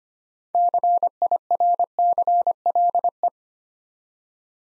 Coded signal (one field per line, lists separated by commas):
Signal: Morse code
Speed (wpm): 25 wpm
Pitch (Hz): 700 Hz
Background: none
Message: CIRCLE